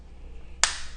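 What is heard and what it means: The metal snap-on caseback of a Modavo women's watch, lined up after a battery change, is pressed closed into the watch case with two fingers. A single sharp snap is heard at 0.6 s over low background noise. The caseback seats closed.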